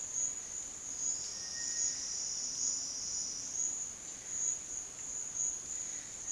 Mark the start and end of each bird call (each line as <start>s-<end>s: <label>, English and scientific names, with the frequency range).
1.32s-2.23s: Cinereous Tinamou (Crypturellus cinereus) (1.0-2.3 kHz)
5.78s-6.32s: Cinereous Tinamou (Crypturellus cinereus) (1.1-2.5 kHz)